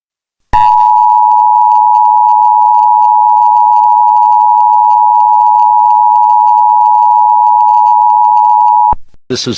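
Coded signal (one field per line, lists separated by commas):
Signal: Emergency Alert System (SAME) tones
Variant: 853 and 960 Hz attention tone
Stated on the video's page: Fictional US EAS scenario story.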